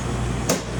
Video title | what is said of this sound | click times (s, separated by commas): Assemble Manitowoc Ice Machine After Cleaning | you hear that click | 0.5 s